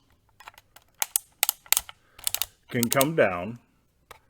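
A hinged side light panel on a Klarus CL2 camping lantern body is handled and folded down, producing a series of sharp plastic clicks and taps between about 1.0 and 1.8 seconds. Someone talks near the end. Nothing has seated or clicked into place yet.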